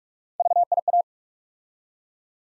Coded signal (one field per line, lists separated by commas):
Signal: Morse code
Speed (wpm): 44 wpm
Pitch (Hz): 700 Hz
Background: none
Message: VIA